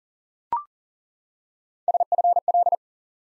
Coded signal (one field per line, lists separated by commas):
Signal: Morse code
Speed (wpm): 40 wpm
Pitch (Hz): 700 Hz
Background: none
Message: SFL